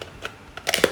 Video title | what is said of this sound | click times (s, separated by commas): Using Your Dies to Create Stencils and Stamps - Technique Tasters #208 | that snaps back | 0.7 s, 0.8 s